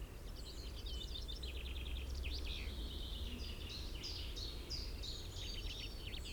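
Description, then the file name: Common chaffinch: quick high chipping notes in loose bursts across the whole stretch, set against strong low rumbling noise. "Fringilla coelebs"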